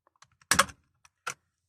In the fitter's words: push it back in did you hear the click then it releases the steering wheel control module